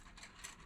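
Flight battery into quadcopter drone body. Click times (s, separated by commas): 0.2 s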